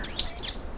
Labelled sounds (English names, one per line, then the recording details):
Stitchbird song
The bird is a male
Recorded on Tiritiri Matangi Island, New Zealand, in 2005
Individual 1, of nest box 1